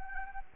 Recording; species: mosquito wingbeat signal from an infrared sensor; Anopheles gambiae